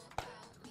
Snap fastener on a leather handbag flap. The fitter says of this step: snaps open. Did you hear that? That is just that's a great snap.